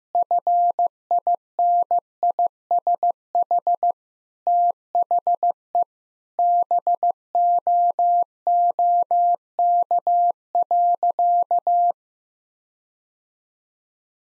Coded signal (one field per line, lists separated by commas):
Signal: Morse code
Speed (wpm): 15 wpm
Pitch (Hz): 700 Hz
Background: none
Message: FINISH THE BOOK.